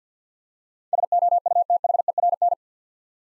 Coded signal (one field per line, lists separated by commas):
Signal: Morse code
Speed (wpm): 50 wpm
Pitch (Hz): 700 Hz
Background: none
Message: SOUTHERN